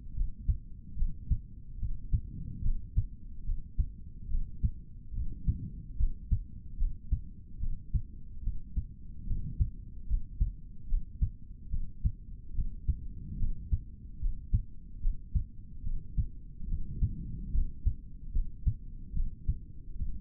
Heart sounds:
heart sounds by stethoscope; 73 bpm
0.14 s: heartbeat
0.96 s: heartbeat
1.78 s: heartbeat
2.62 s: heartbeat
3.44 s: heartbeat
4.28 s: heartbeat
5.12 s: heartbeat
5.97 s: heartbeat
6.77 s: heartbeat
7.59 s: heartbeat
8.42 s: heartbeat
9.25 s: heartbeat
10.07 s: heartbeat
10.87 s: heartbeat
11.70 s: heartbeat
12.53 s: heartbeat
13.37 s: heartbeat
14.19 s: heartbeat
15.00 s: heartbeat
15.83 s: heartbeat
16.67 s: heartbeat
17.51 s: heartbeat
18.32 s: heartbeat
19.13 s: heartbeat
19.95 s: heartbeat
From the record:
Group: healthy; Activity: cold pressor test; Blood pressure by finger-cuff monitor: 106/56 mmHg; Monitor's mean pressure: 70 mmHg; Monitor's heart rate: 73 bpm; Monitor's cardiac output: 4.3 L/min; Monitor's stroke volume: 59 mL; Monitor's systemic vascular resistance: 1170 dyn s/cm5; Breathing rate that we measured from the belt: 16 breaths a minute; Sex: male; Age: 55 years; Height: 167 cm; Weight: 57.2 kg

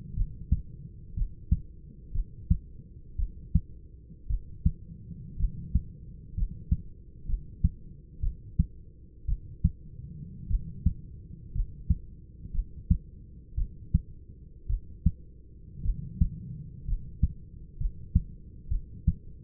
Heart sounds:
heart sounds by stethoscope; 58 bpm
0.15 s: heartbeat
1.14 s: heartbeat
2.12 s: heartbeat
3.17 s: heartbeat
4.28 s: heartbeat
5.37 s: heartbeat
6.35 s: heartbeat
7.26 s: heartbeat
8.21 s: heartbeat
9.26 s: heartbeat
10.48 s: heartbeat
11.53 s: heartbeat
12.52 s: heartbeat
13.55 s: heartbeat
14.67 s: heartbeat
15.83 s: heartbeat
16.86 s: heartbeat
17.78 s: heartbeat
18.69 s: heartbeat
From the record:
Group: healthy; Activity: rest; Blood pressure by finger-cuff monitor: 142/69 mmHg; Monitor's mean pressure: 91 mmHg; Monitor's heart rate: 58 bpm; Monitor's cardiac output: 5.9 L/min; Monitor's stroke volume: 103 mL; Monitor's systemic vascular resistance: 1120 dyn s/cm5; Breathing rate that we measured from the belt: 11 breaths a minute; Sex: male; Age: 25 years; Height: 170 cm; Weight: 70.4 kg

